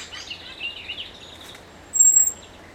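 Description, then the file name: Common blackbird one piercing, high, level whistle after some scratchy twittering. "Turdus merula"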